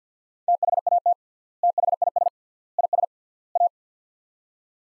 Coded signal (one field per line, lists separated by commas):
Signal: Morse code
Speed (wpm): 50 wpm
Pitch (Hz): 700 Hz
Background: none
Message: THAT THIS IS A